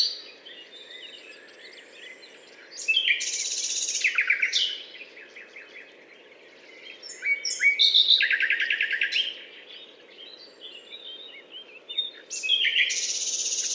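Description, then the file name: Common nightingale singing varied phrases separated by pauses: buzzy rattles, fast repeated notes and high whistles. Recorded on a limestone hillock in France, on 19 May 2012. "rossignol philomele Butte calcaire de Gratacap"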